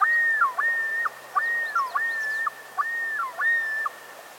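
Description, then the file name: Common loon calling: clear whistled phrases that rise, hold level, then drop, given several times in quick succession over a quiet background. "Gavia immer - Great Northern Loon"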